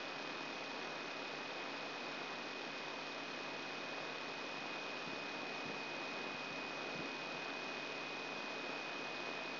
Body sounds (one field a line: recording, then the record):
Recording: brain microelectrode recording played as sound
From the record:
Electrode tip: outside the subthalamic nucleus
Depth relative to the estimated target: 3.5 mm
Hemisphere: left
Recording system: AlphaMap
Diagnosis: Parkinson's disease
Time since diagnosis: 6 years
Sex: female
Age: 40 years